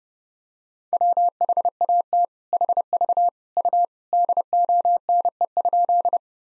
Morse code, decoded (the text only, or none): WHAT HV U DONE?